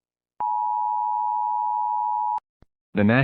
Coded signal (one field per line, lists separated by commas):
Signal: Emergency Alert System (SAME) tones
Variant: 853 and 960 Hz attention tone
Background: speech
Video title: (FAKE) Tornado Outbreak Warning, EAS Warning